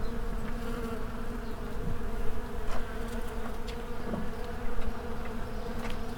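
Insect swarm producing a steady, thick low hum, many wingbeats blending into one drone with small surges in loudness.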